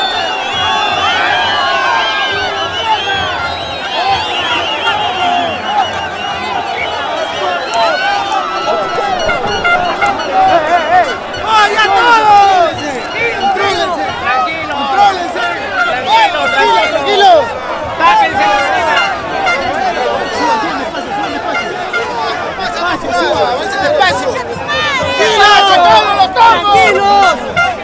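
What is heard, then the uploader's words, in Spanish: A dense crowd at a street demonstration fills the scene with overlapping voices, shouts and chatter at a steady, loud level throughout. Around the middle and again near the end, sharper bursts of shouting and clatter rise out of the babble, with low traffic-like rumble underneath. Movilización popular por el anuncio del cierre del Congreso de la República del Perú.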